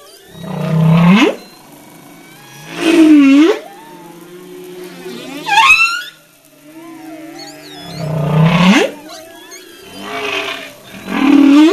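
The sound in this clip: Humpback whale song with deep upswept whoops repeated about every two to three seconds, between them thin wavering squeals and a brief high pulsed chirp.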